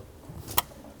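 A coolant hose quick-connect on a 2020-2024 BMW G01 X3 (G02 X4, M40i, B58TU engine) is pushed onto its fitting at the thermostat/heat management module. It latches with one sharp, bright click at 0.6 s over low rumbling background noise. The hose is seated and re-engaged.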